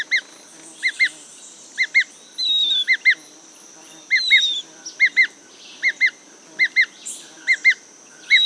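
Bird calls: sharp chip notes in quick doublets, with a few thin falling whistles, over a steady high-pitched drone.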